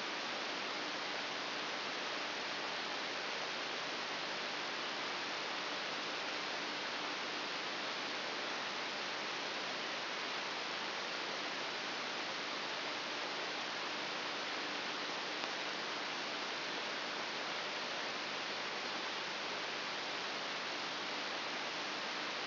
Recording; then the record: brain microelectrode recording played as sound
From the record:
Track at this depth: inside the subthalamic nucleus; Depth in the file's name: 6.001 mm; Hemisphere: right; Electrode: 3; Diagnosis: Parkinson's disease